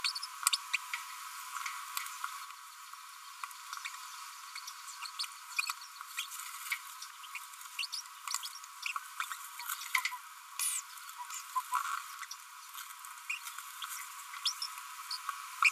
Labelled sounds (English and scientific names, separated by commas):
Green-rumped Parrotlet (Forpus passerinus) babbling